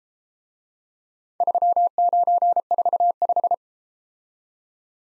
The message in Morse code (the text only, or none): 3945